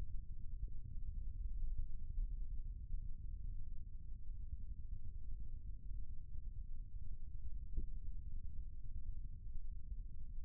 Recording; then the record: forearm muscle sounds (acoustic myography)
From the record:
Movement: rest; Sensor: system 1, eight BSWA MPA416 microphones around the upper forearm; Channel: 5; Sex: male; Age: 20 years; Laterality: left